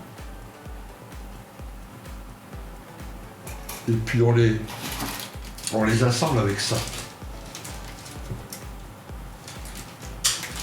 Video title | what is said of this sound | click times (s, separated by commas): 🏆 Revue de boite: Panzer 1 Takom 1/16 | vois, sans colle, elles se clipsent. | 10.3 s